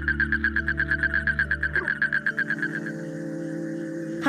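Asian common toad giving a fast, steady trill of rapid pulses that fades out after about three seconds, over sustained low droning tones.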